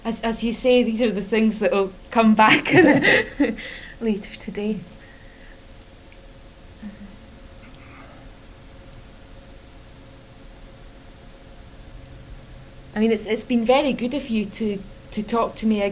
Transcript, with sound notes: As you say, these are things that'll come back [laughs] later today. I mean it's been very good of you to talk to me again.